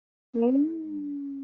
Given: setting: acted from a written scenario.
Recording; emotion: vocal sound without words; confusion